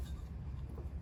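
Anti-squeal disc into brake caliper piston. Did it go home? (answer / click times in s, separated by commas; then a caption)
no / none. A metal anti-squeal disc supplied with EBC brake pads for a Sequoia, replacing the factory pad shims and meant to take up slack, is handled at the hollow of a brake caliper piston. Only a steady low rumble and hum are heard, with no sharp hits. Nothing has seated or clicked yet.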